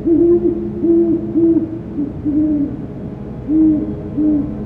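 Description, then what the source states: Great horned owl hooting, a series of deep, soft hoots in a rhythmic pattern, the low notes repeating several times throughout over faint background hiss. Song, one of the most recognizable bird sounds; recorded by an automated recording unit; species common but seldom vocalizing and not always obvious.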